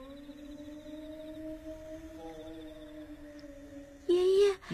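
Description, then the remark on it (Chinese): A person imitates a wolf howl with a long, steady, drawn-out tone of fairly low pitch. It ends in a sudden louder, rising cry with a rough breathy edge. “要有狼就好喽，这是人学的狼叫。”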